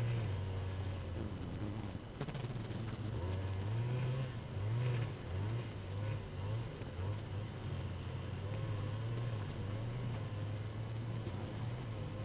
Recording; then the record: honeybee colony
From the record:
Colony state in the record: active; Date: 12 June 2018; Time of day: 4:20